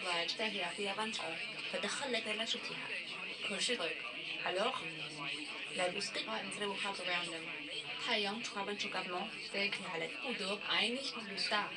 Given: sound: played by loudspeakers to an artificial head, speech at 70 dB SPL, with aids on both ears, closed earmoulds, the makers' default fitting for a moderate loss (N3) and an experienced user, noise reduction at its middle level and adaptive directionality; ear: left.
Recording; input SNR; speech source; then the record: speech test signal (ISTS) in cocktail-party noise; +9 dB; on the right (90 degrees)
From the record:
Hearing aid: class 2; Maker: I